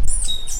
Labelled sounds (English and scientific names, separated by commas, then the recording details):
Stitchbird (Notiomystis cincta) song
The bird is a male
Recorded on Tiritiri Matangi Island, New Zealand, in 2005
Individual 2, of nest box 2